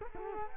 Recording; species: mosquito wingbeat signal from an infrared sensor; Culex quinquefasciatus